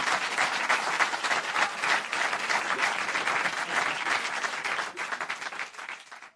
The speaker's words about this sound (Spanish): ¡Fuerte aplauso!